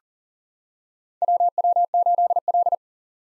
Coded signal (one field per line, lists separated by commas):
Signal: Morse code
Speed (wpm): 40 wpm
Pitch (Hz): 700 Hz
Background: none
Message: WW8L